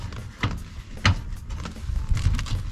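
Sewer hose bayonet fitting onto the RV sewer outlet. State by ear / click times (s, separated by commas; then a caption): not seated / none. A sewer hose bayonet fitting is handled at the male sewer outlet on an RV trailer, ready to be pushed and twisted on. Short handling knocks at about 0.4, 1.1 and 2.4 seconds stand out over a low background rumble. The fitting has not seated or clicked into place yet.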